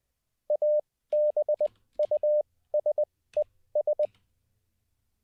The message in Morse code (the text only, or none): ABUSES